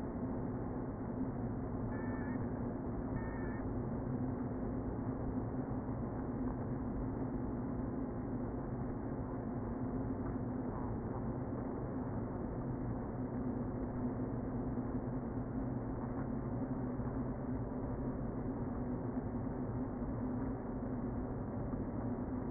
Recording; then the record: honeybee colony, microphone inside the hive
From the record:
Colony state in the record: queen present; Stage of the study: before two queens were removed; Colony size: about 60,000 bees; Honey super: yes